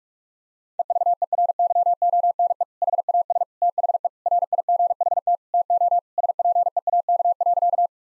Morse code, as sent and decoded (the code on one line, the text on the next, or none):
. ...- . .-. -.-- --- -. . / .... .- ... / - .... . / .-. .. --. .... - / - --- / ... .--. . .- -.- .-.-.-
EVERYONE HAS THE RIGHT TO SPEAK.